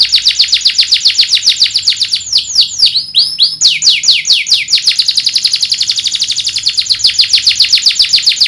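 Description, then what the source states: Canary singing a long, very fast trill of bright repeated notes, briefly breaking into a few swooping slurs before the rapid rolling resumes. Canary singing gacor, with cengkok phrasing and isian song fills; kicaumania songbird hobby.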